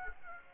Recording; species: mosquito wingbeat signal from an infrared sensor; Aedes aegypti